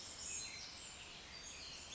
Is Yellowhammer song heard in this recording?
no